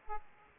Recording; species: mosquito wingbeat signal from an infrared sensor; Aedes aegypti